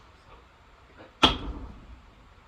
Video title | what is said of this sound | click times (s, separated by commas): GoCode Transit B Pillar Trim Kit Install Video | Snaps right into place. Snaps right in. | 1.2 s